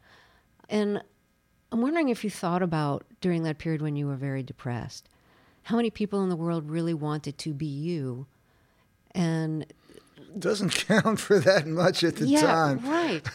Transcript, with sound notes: And I'm wondering if you thought about, during that period when you were very depressed, how many people in the world really wanted to be you? And...
(Laughter) Doesn't count for that much at the time.